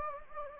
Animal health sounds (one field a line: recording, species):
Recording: mosquito wingbeat signal from an infrared sensor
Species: Anopheles gambiae